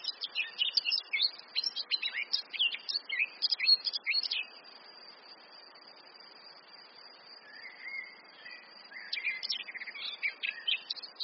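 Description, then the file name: Eurasian blackcap song: a busy scratchy warble for four seconds, a quiet pause with a brief soft note, then the warbling resumes, over low background noise. "Sylvia atricapilla"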